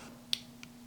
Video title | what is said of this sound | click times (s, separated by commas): Found at the Flea Market - Johnson 710B Stop, Drop, & Roll | See, clip snapped into place. | 0.3 s